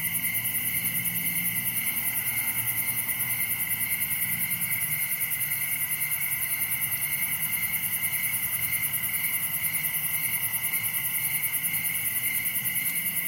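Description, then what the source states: Cricket chorus of continuous, evenly pulsed chirps holding steady throughout, with a thin high-pitched insect hiss over a quiet low hum. Recorded at night during summer in a wooded area, Dell Creek State Wildlife Area; crickets are the main sound.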